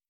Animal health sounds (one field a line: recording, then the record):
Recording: hydrophone in a shrimp aquaculture tank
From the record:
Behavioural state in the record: starved